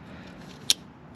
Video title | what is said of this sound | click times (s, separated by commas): Harley Davidson M8 Screamin Eagle 64mm Intake Install - Plus High Flow Injectors Step by Step Video | you hear it click and then you lock it in there with that | 0.7 s